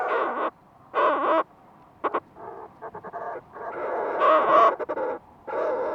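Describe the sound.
Fulmar prion uttering rough, croaking calls in short separate bursts, some stuttered and choppy, with brief silences between them.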